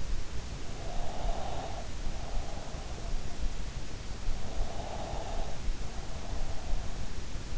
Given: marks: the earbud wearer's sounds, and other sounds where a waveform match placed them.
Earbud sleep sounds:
sounds in sleep by an in-ear microphone; breath
0.80-2.91 s: breath
4.59-6.86 s: breath

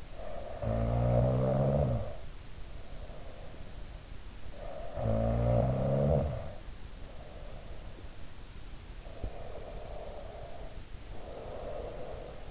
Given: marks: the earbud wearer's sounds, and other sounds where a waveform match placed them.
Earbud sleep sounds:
sounds in sleep by an in-ear microphone; snoring breath, breath
0.00-3.77 s: snoring breath
4.52-8.06 s: snoring breath
8.86-12.51 s: breath

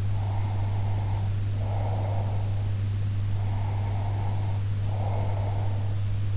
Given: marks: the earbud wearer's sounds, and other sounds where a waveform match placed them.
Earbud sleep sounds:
sounds in sleep by an in-ear microphone; breath
0.11-2.63 s: breath
3.37-6.00 s: breath

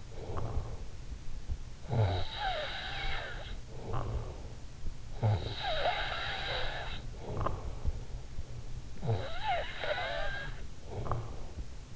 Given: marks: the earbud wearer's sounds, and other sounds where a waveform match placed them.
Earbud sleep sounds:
sounds in sleep by an in-ear microphone; snoring breath
0.00-11.96 s: snoring breath

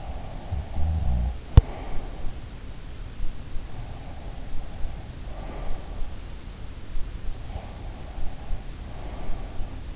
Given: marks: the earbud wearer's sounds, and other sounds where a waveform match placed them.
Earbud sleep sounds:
sounds in sleep by an in-ear microphone; breath
0.00-2.06 s: breath

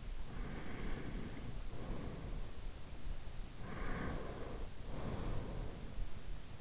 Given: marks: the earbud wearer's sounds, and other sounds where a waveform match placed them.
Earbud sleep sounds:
sounds in sleep by an in-ear microphone; breath
0.26-2.60 s: breath
3.42-5.85 s: breath

